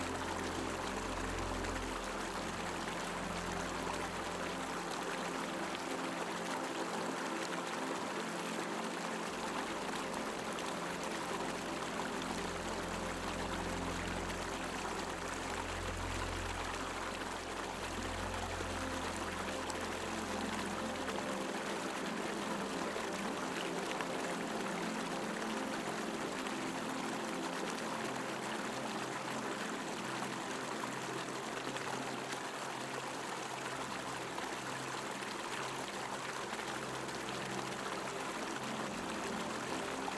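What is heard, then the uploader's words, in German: A gently flowing little brook runs steadily and evenly, its bright, dense rush unbroken, while soft low tones swell and fade beneath. WIEGENDES BÄCHLEIN und SANFTE MELODIE. Geräusch eines wiegenden Bächleins.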